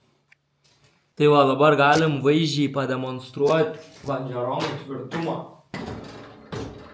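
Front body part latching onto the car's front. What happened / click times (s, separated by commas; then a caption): Handled, not yet home: no latching click yet / none. A front body part of a Volvo is handled while its hold on the car's front is being shown, and someone talks throughout, with a sharp burst near the end. The part catches on its latch but has not gone home; nothing has seated or clicked yet.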